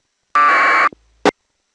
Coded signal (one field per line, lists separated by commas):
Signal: packet radio (AX.25, as in APRS)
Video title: 146.520 2025 DAYTON HAMVENTION FRIDAY AUDIO SIMPLEX HAMFEST